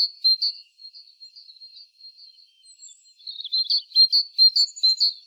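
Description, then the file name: Great tit giving high, thin notes, a few strong ones, then softer wavering calls, building into a lively run of repeated clipped notes. "Parus major"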